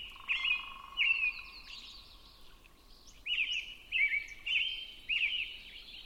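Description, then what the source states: Robin song: two rich whistled phrases, a pause of about two seconds, then four more in quick succession, with a faint steady low tone early on. Recorded at 6 am on 20 June 2005.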